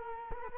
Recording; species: mosquito wingbeat signal from an infrared sensor; Culex quinquefasciatus